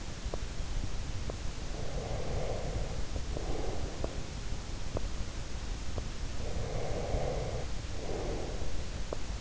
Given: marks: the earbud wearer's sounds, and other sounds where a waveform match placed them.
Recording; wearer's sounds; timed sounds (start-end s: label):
sounds in sleep by an in-ear microphone; teeth grinding, breath
0.18-0.48 s: teeth grinding
1.18-1.52 s: teeth grinding
1.72-4.50 s: breath
4.73-5.12 s: teeth grinding
5.77-6.16 s: teeth grinding
6.46-9.04 s: breath
9.04-9.41 s: teeth grinding